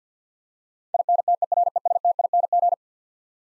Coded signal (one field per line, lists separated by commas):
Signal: Morse code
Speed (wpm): 47 wpm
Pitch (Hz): 700 Hz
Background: none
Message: INTERESTING